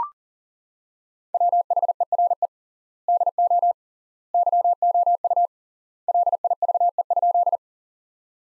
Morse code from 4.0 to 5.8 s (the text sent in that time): YOU